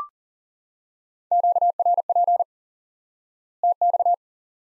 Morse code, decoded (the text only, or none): QRP TX